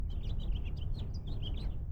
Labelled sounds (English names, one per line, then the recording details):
House Finch song
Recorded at Lawrence on Long Island, New York, on 4 June 1975
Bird C